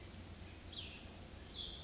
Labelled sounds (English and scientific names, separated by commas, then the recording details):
Cassin's Vireo (Vireo cassinii)
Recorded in Sonoma County, California